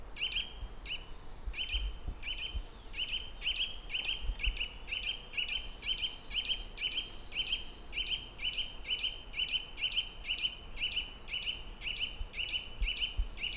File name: Sitta europaea